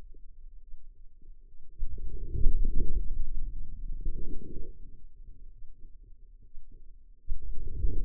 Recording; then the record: forearm muscle sounds (acoustic myography)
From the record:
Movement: outward rotation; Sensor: system 2, bracelet of six BSWA MPA416 microphones around the upper forearm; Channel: 5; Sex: female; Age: 25 years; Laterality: right